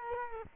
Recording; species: mosquito wingbeat signal from an infrared sensor; Culex quinquefasciatus